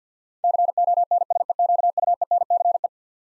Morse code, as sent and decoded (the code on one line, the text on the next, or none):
-.-. --- -. ... . --.- ..- . -. -.-. .
CONSEQUENCE